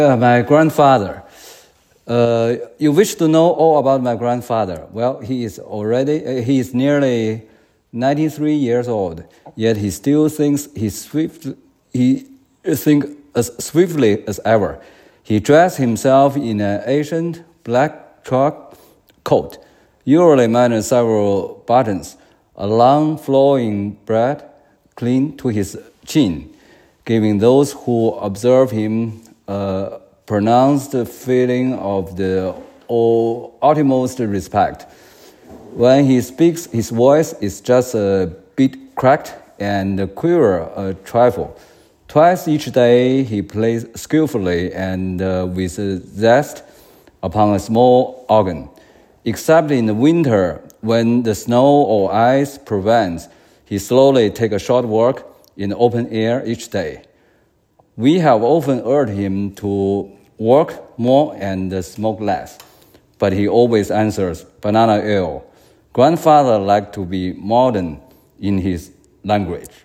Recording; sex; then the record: reading aloud after running; male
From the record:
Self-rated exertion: vigorous exertion (4 of 6); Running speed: 8 miles an hour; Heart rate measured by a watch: 127 beats a minute at the start, 123 at the end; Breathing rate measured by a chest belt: 11 breaths a minute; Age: 57 years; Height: 170 cm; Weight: 58 kg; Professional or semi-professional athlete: no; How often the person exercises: 3 to 5 times a week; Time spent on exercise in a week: 4 to 5 hours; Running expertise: no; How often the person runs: 3 to 5 times a week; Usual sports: running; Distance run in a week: 50 km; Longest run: 50 km